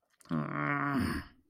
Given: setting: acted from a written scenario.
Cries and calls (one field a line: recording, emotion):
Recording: vocal sound without words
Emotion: anger